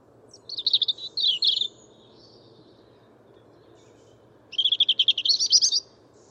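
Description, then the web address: European robin singing two phrases: first scratchy warbled notes, then after a pause a fast rising trill of repeated notes, over a soft low background hum. "Deverinetal 2025 File origin Bird Only Er Ru"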